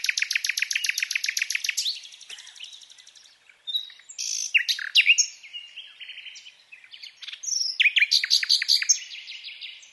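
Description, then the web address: Common nightingale song opening with a fast run of repeated loud notes, then mixed whistles, buzzy phrases and chattering trills. "SETE Luscinia megarhynchos"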